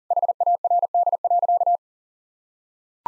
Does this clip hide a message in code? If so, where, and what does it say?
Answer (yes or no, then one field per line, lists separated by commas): yes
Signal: Morse code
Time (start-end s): 0.1-1.8 s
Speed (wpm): 37 wpm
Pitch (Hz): 700 Hz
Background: none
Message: HARD.